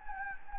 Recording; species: mosquito wingbeat signal from an infrared sensor; Anopheles gambiae